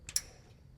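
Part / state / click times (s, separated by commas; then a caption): reverse camera cable connector into the vehicle camera harness connector / seated / 0.1 s, 0.2 s. A plastic reverse camera wiring connector on a 2015 Silverado is turned to the right orientation and pushed into the vehicle's camera harness mating connector. Two sharp, bright clicks are heard at 0.1 s and 0.2 s, the second louder, followed by a quiet low background. The connector clips in and is seated.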